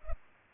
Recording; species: mosquito wingbeat signal from an infrared sensor; Culex pipiens